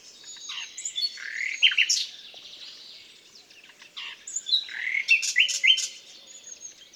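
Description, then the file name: Common nightingale song in two bursts of varied, rich phrases with sweeping whistles and rapid notes, separated by a quieter gap. "Luscinia megarhynchos"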